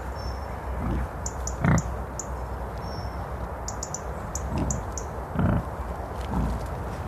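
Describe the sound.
Wild boar grunting low and gruffly in short irregular bouts, with thin bird chirps and whistles sounding above.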